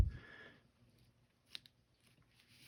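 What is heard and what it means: A steel firing pin stop is pushed down into its slot in the slide of a Kimber 1911 Pro Carry II pistol while the firing pin is held pressed in. After a low rumble, a sharp metallic click sounds at 1.6 s, followed by a fainter tick just after. The stop slides only partway in, not all the way, but far enough to hold the firing pin down.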